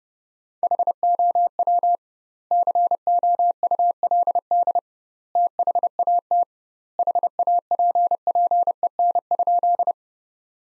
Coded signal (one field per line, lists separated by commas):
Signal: Morse code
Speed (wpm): 30 wpm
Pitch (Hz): 700 Hz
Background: none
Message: HOW COULD THAT HAPPEN?